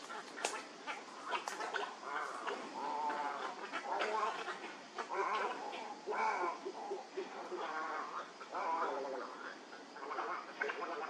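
Herons calling in a busy colony, a continuous chorus of rough, guttural chattering notes with sharp clicks and clatters scattered throughout.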